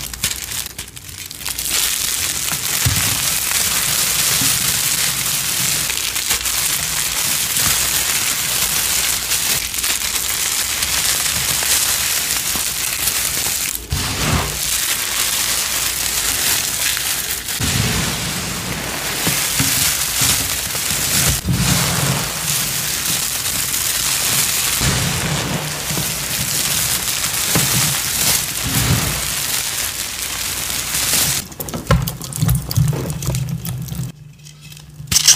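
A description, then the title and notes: Confetti pours and rustles in a dense, continuous crackle, bright and papery like heavy rain on a surface. Occasional low thumps and swells break through, especially around 14, 21 and 32 seconds, before the rustling thins and briefly drops away near the end. Confetti Overload Series!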